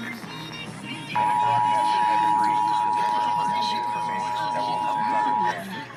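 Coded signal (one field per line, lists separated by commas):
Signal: Emergency Alert System (SAME) tones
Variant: 853 and 960 Hz attention tone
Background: speech, music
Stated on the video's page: Los Angeles Required Monthly Test on the Emergency Alert System.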